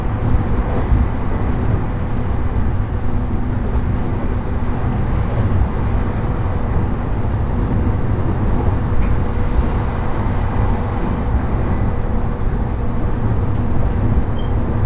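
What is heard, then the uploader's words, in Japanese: A dense, steady rumble fills the ride on a train on the Tohoku Main Line between Kuroiso and Shin-Shirakawa. The low roar holds constant throughout, with a faint hum underneath and occasional small clicks, but no distinct rail beats or announcements. 鉄道旅 東北本線 黒磯→新白河。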